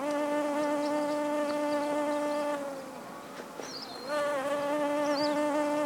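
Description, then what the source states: Solitary bee humming, a steady low-pitched drone that fades for about a second and a half and then returns, with faint high bird notes. Recorded on 5 May 2011.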